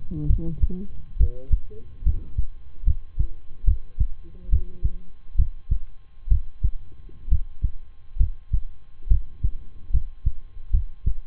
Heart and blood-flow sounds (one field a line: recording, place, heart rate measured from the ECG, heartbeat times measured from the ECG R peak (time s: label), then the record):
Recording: heart sounds by stethoscope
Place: between the tricuspid and mitral areas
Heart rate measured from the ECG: 69 bpm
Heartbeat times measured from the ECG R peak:
0.26 s: heartbeat
1.16 s: heartbeat
2.02 s: heartbeat
2.83 s: heartbeat
3.64 s: heartbeat
4.49 s: heartbeat
5.35 s: heartbeat
6.28 s: heartbeat
7.28 s: heartbeat
8.16 s: heartbeat
9.07 s: heartbeat
9.90 s: heartbeat
10.70 s: heartbeat
From the record:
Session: rest, lying down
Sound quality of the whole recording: good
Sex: male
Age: 23 years